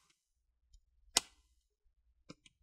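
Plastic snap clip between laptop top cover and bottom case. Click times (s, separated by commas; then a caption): 1.2 s. A pry tool is pushed 2–3 mm into the seam between the top and bottom plastic covers of an Asus X550Z laptop and twisted, so a plastic snap clip pops loose with one sharp click at 1.2 s. Two fainter clicks follow near 2.3 and 2.5 s, and the clip is released.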